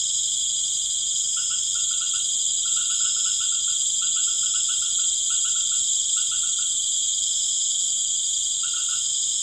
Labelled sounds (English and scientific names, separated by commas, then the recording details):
none
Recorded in pastures near Puerto Asís, Putumayo, Colombia, on 19 March 2025 at 19:30
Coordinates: 0.505, -76.324
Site GP08